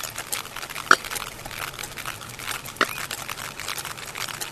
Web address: sperm whale